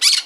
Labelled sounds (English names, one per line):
Brown-throated Parakeet contact call